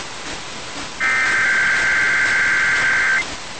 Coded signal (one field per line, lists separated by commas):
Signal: Emergency Alert System (SAME) tones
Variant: header bursts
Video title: Albany, NY Required Monthly Test (4/4/23)